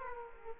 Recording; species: mosquito wingbeat signal from an infrared sensor; Aedes aegypti